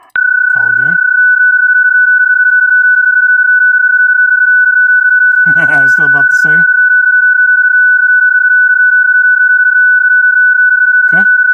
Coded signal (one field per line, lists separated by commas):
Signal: PSK31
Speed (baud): 31.25 baud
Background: speech